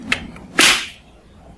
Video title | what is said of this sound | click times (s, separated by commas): 🔴e-Bike Delivers features and quality at a great price | it just clicks into place and there's a key | 0.6 s